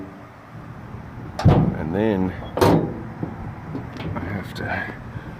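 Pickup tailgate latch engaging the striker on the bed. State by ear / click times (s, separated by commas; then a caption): not seated / none. A 1988–1998 pickup tailgate fitted with an aftermarket knockoff handle is handled and pushed shut by hand so its latch can engage the striker on the bed, since it has to be pushed to lock in place. Two sharp knocks land at about 1.4 s and 2.6 s while someone talks. Nothing has seated or clicked yet.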